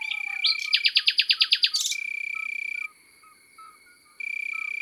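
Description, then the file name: Common nightingale singing a quick run of repeated loud notes, then silence broken by a high, even buzzing tone, over a soft background hiss. Recorded in the countryside. "Rossignol philomele Chants doiseaux dans la campagne"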